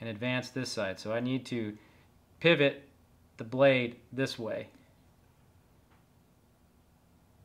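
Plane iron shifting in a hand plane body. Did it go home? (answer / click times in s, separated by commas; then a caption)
no / none. Someone talks while pivoting the steel blade (iron) of a Lie-Nielsen low angle jack plane sideways in the plane body, pushing one side back and advancing the other to even out the cut. Speech fills the first five seconds, followed by quiet handling. Nothing has clicked or seated yet by the end of the clip.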